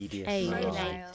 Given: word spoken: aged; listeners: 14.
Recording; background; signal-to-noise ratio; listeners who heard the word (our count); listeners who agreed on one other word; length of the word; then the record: one English word in noise, from a listening test; four-talker babble; -1.4 dB; 1 of 14; 7 of 14; 0.75 s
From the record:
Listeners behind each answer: 7, 2, 2, 1, 1, 1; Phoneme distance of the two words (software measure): 7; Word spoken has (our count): 1 syllable, 3 phonemes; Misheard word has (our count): 1 syllable, 2 phonemes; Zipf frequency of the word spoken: 4.30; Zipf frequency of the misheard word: 5.18